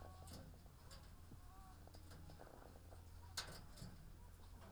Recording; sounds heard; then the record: poultry house recording; sick chickens (respiratory disease)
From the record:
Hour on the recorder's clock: 15